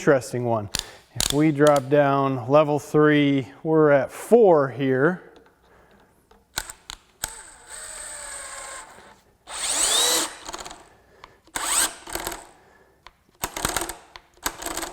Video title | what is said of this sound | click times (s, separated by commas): Awesome Power! DEWALT 20V Hammer Drill With Anti-Rotation Safety DCD1007WW1 DCD1007B #dewalt | It moves it slightly, and it's kind of electric clutch. It gives it a little click, click, click | 6.6 s, 7.2 s, 13.4 s, 13.6 s, 13.8 s, 14.5 s